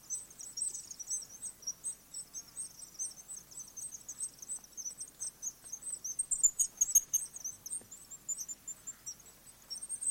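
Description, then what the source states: House swift calls, steady high twittering trills repeated roughly twice a second, growing busier toward the end over a soft hiss. Adult birds.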